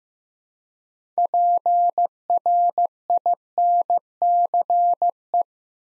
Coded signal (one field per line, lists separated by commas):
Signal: Morse code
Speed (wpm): 15 wpm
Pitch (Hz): 700 Hz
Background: none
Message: PRINCE